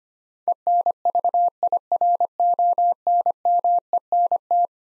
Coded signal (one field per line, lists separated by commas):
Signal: Morse code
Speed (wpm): 25 wpm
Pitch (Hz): 700 Hz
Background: none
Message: ENVIRONMENT